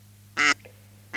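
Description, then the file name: Gadwall giving a single short, harsh nasal quack, followed by a faint soft note and the start of another quack, over a steady low electrical hum. Sound file for an electronic caller. "Серая утка Canapiglia"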